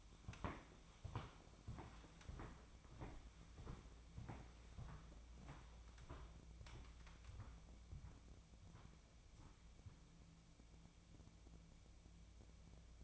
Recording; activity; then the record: daily activity, microphone in the room; walk to room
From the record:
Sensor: 1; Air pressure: 1000.0 hPa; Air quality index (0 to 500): 130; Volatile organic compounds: 2 ppm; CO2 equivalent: 1236 ppm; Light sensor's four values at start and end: 36/93/38/48 and 38/97/41/51